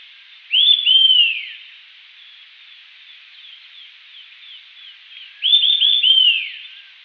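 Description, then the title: Eastern sirystes calling: two bursts of loud, clear whistled notes, each a quick run of downslurred notes, about five seconds apart, with faint twittering between them. "LuckyPassaro Completos2Sama. Eastern Sirystes (Sirystes sibilator)"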